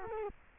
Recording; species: mosquito wingbeat signal from an infrared sensor; Culex quinquefasciatus